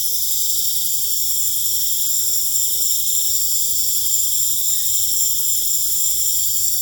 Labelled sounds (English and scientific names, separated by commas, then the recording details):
none
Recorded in pastures near Puerto Asís, Putumayo, Colombia, on 26 December 2024 at 20:30
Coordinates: 0.496, -76.326
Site G004